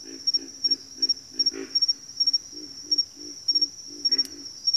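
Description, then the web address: Pig frog calls: a run of low, rough grunts in quick pairs and triplets, with a constant shrill insect whine behind. "Nature Sounds Sounds of Nature Collection 06 Pig Frogs"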